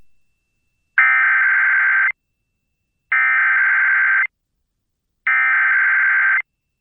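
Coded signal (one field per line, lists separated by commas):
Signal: Emergency Alert System (SAME) tones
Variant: header bursts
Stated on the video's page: Dust Storm Warning issued by NWS Spokane, relayed by KPBX-FM, recorded from the station's online live stream.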